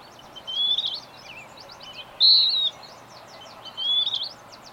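Bird song: three short high whistled phrases, the middle one loudest and level, over a steady soft hiss.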